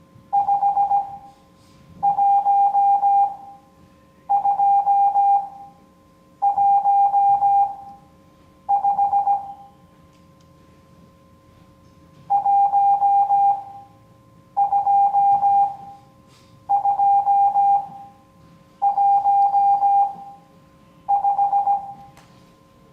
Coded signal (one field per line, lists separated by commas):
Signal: Morse code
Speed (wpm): 17 wpm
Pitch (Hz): 800 Hz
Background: none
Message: 51215 12215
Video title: Morse Code Class 03